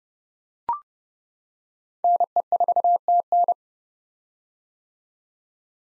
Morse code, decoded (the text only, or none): NE4TN